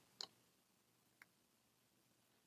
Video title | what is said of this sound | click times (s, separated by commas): Mechanical Engineering Series B, Video: Part 2 | make sure you hear the click and then you can connect your pieces upward | 0.2 s, 1.2 s